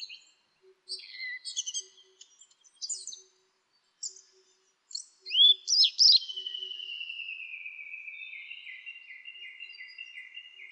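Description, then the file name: Asian brown flycatcher song: scattered high chirps and twitters, then a loud sharp burst followed by a long, thin whistle slowly falling in pitch over several seconds. "sikatan bubik"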